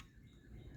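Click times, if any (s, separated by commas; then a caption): none. A rebuilt alternator is handled after being bolted together, just before its brush retaining pin is pulled so the spring-loaded brushes can snap down onto the rotor slip rings. Only a steady low handling rumble with faint high tones is heard, with no sharp transients. Nothing has seated or clicked yet.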